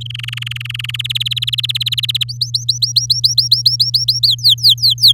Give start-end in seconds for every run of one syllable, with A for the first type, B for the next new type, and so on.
0.01-0.96 A, 0.99-2.24 B, 2.28-4.27 C, 4.28-5.12 D